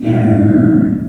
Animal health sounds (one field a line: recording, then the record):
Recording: squeal of a Yucatan mini pig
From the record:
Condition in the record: after surgery on the right vocal fold (resection and tissue-engineered implant)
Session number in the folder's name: 4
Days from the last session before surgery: 26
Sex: female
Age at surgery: 19 weeks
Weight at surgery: 25 kg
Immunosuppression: prednisolone